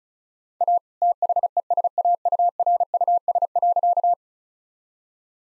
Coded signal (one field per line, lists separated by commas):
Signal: Morse code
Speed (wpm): 36 wpm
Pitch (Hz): 700 Hz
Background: none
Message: A THESAURUS.